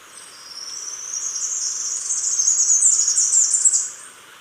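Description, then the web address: Three-striped Warbler song, a very high, thin, rapid twittering jumble that swells in volume for about three seconds before stopping abruptly. Ecuador. "Natures Songs S America Birds of Ecuador Three-striped Warbler"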